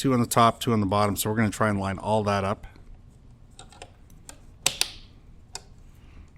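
A BOSS Audio MR1308UAB single-DIN marine radio chassis is lined up with the retaining clips on the sides, top and bottom of its metal mounting sleeve and pushed in. Someone talks for the first 2.5 seconds, then a few soft ticks follow, and two sharp clicks at 4.7 and 4.8 seconds mark the radio locking into the sleeve. It is seated.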